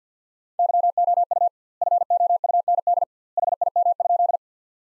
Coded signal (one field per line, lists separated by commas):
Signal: Morse code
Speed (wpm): 50 wpm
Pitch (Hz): 700 Hz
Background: none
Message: YOU FOUND HIM?